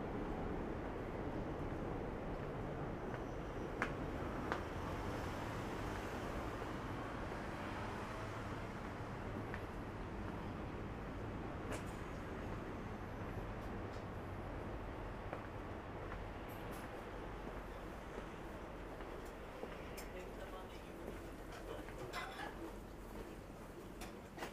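A bustling Saturday morning in Shinjuku's Omoide Yokocho: a steady low rumble of traffic and trains, murmured voices, and occasional sharp clicks and clatters.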